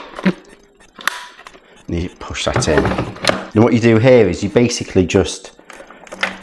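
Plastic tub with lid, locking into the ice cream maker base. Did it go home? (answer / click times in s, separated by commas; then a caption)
yes / 6.2 s. A plastic tub with its lid on is pushed up into the base of a Ninja Creami ice cream maker until it locks, clicking into place at 6.2 s. Someone talks over the handling, with several short plastic knocks and taps before the final click.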